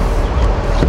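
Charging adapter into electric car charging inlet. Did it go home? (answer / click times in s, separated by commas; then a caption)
no / none. A CCS2-to-CCS1 charging adapter, rated over 300 kW and 400 A, is being pushed by hand with the palm toward the charging inlet of a KIA EV9 electric car. Only a steady broadband rumble with strong low-frequency noise is heard, with no sharp hit. Nothing has seated or clicked yet.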